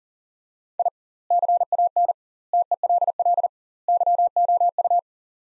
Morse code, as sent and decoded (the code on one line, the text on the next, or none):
.. / -.-. .- -. / - . .-.. .-.. / -.-- --- ..-
I CAN TELL YOU